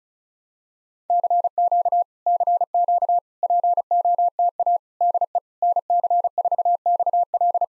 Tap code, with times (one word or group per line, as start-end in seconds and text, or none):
none